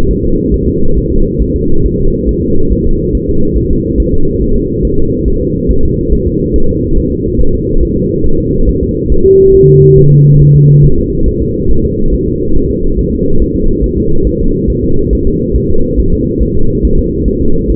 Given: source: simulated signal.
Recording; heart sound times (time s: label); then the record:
fetal heart sounds
0.11 s: S1
0.25 s: S2
0.54 s: S1
0.68 s: S2
0.98 s: S1
1.12 s: S2
1.42 s: S1
1.56 s: S2
1.86 s: S1
2.00 s: S2
2.29 s: S1
2.43 s: S2
2.72 s: S1
2.87 s: S2
3.15 s: S1
3.29 s: S2
3.58 s: S1
3.72 s: S2
4.00 s: S1
4.14 s: S2
4.42 s: S1
4.56 s: S2
4.85 s: S1
4.99 s: S2
5.28 s: S1
5.42 s: S2
5.71 s: S1
5.85 s: S2
6.14 s: S1
6.28 s: S2
6.56 s: S1
6.70 s: S2
6.98 s: S1
7.12 s: S2
7.41 s: S1
7.55 s: S2
7.83 s: S1
7.97 s: S2
8.26 s: S1
8.40 s: S2
8.69 s: S1
8.83 s: S2
9.12 s: S1
9.26 s: S2
9.55 s: S1
9.69 s: S2
9.98 s: S1
10.13 s: S2
10.42 s: S1
10.56 s: S2
10.85 s: S1
10.99 s: S2
11.28 s: S1
11.42 s: S2
11.71 s: S1
11.85 s: S2
12.14 s: S1
12.28 s: S2
12.57 s: S1
12.71 s: S2
12.99 s: S1
13.13 s: S2
13.42 s: S1
13.56 s: S2
13.84 s: S1
13.98 s: S2
14.27 s: S1
14.41 s: S2
14.70 s: S1
14.84 s: S2
15.13 s: S1
15.27 s: S2
15.56 s: S1
15.70 s: S2
16.00 s: S1
16.14 s: S2
16.43 s: S1
16.57 s: S2
16.85 s: S1
16.99 s: S2
17.28 s: S1
17.42 s: S2
17.70 s: S1
From the record:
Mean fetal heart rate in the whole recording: 140 bpm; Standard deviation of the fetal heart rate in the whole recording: 2 bpm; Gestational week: 34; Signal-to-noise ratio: -19.1 dB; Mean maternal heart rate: 72 bpm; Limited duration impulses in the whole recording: present